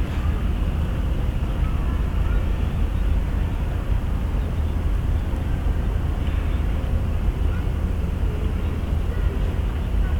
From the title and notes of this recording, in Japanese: とある日の横浜港。Mic: Mu6 Lifelike2。